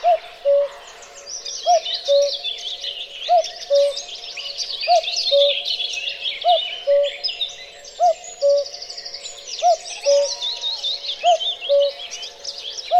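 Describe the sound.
Cuckoo repeating its two-note cu-ckoo at a steady pace, roughly every one and a half seconds, above a dense chorus of small songbirds.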